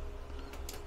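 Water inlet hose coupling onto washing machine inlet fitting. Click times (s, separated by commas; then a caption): 0.7 s. A plastic coupling on the water inlet hose is pushed straight down onto the water inlet fitting of a Whirlpool LFP650WH 6.5 kg top-load washing machine. Over low steady background noise, a short sharp click is heard at 0.7 s, and the coupling is seated and locked in place.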